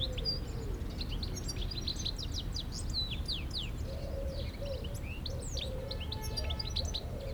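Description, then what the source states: Goldfinch song, fast chattering twitters with downward-sweeping liquid notes, over a steady hum and low traffic rumble. Chattering in a shrub near Le Tillet, beside the road, Aix-les-Bains, France.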